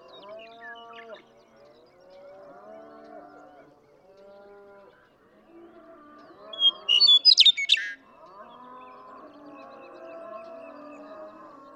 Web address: birdsongforthecurious Western Meadowlark